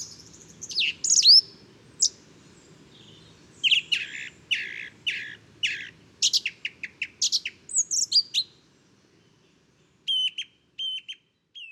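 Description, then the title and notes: Song thrush song of varied whistles, rapid buzzy bursts and short clicking notes, phrases delivered in quick succession, ending with repeated sharper notes. Inventive, varied, virtuoso male singing just after daybreak, 12 February 2019, Bois de Château Serein; Nagra Seven recorder with Telinga Pro7. "Bois de chateau serein. j&#39;enregistre une magnifique Grive musicienne"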